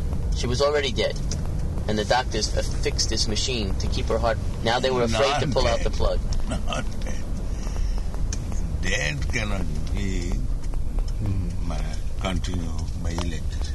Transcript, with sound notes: She was already dead, and the doctors fixed this machine to keep her heart... Now they were afraid of pull out the plug. [chuckles]
Dead cannot be continued by electricity.